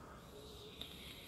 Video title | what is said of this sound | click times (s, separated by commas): Day 169 some tips, tricks, new bits and pieces and getting stuff ready to vape on | So it's just as I turn, I push down and it just clicks into place. | 0.8 s